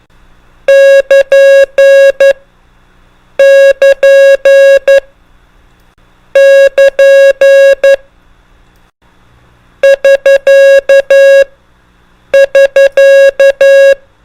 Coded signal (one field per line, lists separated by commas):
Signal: Morse code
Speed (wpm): 11 wpm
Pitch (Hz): 550 Hz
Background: music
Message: <KN> <KN> <KN> <SK> <SK>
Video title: PROCEDURAL SIGNALS PROSIGNS IN MORSE CODE | MOST COMMONLY USED ABBREVIATIONS IN CW